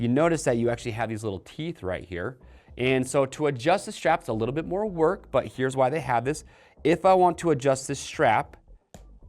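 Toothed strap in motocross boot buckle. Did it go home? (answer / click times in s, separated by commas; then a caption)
released / 8.9 s. Someone talks while handling the toothed strap on a Sidi X-Power Enduro WP motocross boot, explaining that the strap's teeth must come out of the buckle retainer to adjust it. A sharp pop is heard at 8.9 s as the strap's teeth pop out of the buckle, releasing it for adjustment.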